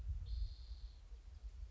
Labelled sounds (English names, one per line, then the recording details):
Spotted Towhee
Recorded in Sonoma County, California